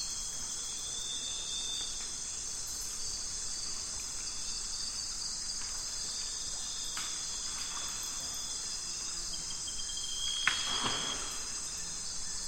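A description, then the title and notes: Nightfall along the Zabalo River in Ecuador brings a dense, unbroken insect chorus, with steady high-pitched buzzing and trilling layered across several bands. The level barely changes throughout, and around ten seconds a single brief, sharper call or click stands out. Nightfall on the Zabalo. Today we’re visiting the Zabalo River in Ecuador.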